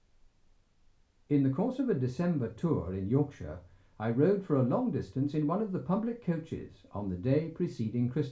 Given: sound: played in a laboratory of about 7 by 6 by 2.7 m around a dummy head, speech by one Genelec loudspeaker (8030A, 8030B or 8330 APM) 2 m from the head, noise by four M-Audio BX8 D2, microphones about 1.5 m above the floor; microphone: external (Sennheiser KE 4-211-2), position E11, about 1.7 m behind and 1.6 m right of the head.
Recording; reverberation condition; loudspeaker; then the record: male speech in English; low; 150 degrees to the right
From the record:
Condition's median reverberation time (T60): about 310 ms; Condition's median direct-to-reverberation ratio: about 3.5 dB